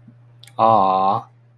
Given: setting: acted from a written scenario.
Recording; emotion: vocal sound without words; adoration